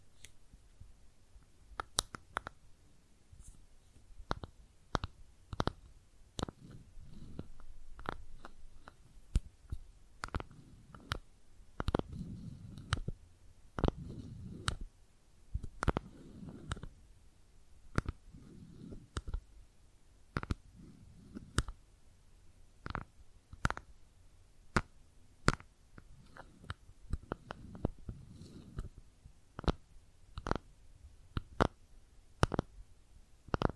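Makeup tapping and scratching: sharp, bright taps land irregularly, often in quick clusters of two or three, across the whole half-minute. Between them come soft, low rubbing and scratching patches, strongest around the middle, over a quiet background.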